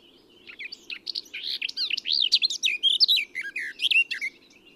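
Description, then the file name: Eurasian blackcap singing a continuous warble that builds into loud, pure whistled notes sliding up and down, about four seconds long, with a low hum behind. "Sylvia atricapilla"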